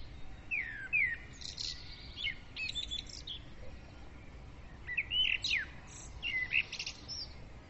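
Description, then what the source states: Birds singing: falling whistled notes early, then scattered high chirps and bright bursts of slurred phrases later. Several birds singing at dawn; recorded with a Zoom recorder.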